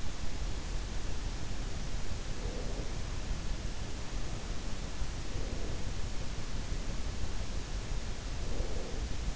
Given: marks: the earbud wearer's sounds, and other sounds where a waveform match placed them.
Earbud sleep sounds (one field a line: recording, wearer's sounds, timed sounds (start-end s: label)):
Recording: sounds in sleep by an in-ear microphone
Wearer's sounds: breath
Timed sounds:
2.22-3.02 s: breath
5.12-6.45 s: breath
8.26-9.35 s: breath